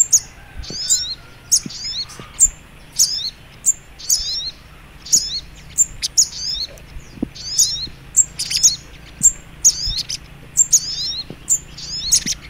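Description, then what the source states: Little spiderhunter giving repeated phrases of piercing high chirps and wavering slurred notes about once a second, with a soft low hum and occasional ticks behind. Training recording (masteran) of sogok ontong labaik.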